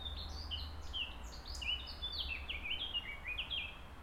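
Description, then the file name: Birds singing, bright twittering notes and short downward-sliding whistles, with a steady low hum beneath. Birds recorded in a botanical garden in Gijón. "JARDIN BOTANICO GIJON PAJAROS Santiago Abadia"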